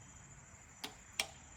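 A click-type torque wrench set just under 100 inch-pounds tightens an oil pan bolt on a Ranger's steel oil pan. Against a quiet background, two short, sharp clicks sound at 0.8 s and 1.2 s, and the second is louder. The clicks show that the wrench has reached its torque setting.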